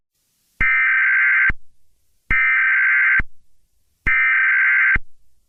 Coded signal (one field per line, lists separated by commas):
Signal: Emergency Alert System (SAME) tones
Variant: header bursts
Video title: EAS Scenario #6: Wedge in the Peach State